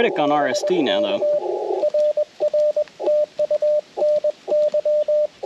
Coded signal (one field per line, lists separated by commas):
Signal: Morse code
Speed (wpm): 20 wpm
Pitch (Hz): 600 Hz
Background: speech, radio noise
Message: BK RR TU NY